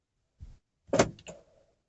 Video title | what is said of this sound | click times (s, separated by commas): Child lock को कैसे on/off करें - आपके बच्चों की जान बचाने वाला फीचर्स - #brezza2022 - #malikcarvlogs | ये देखा आपने, एक आवाज आई और ये लॉक हो गया। | 1.2 s, 1.3 s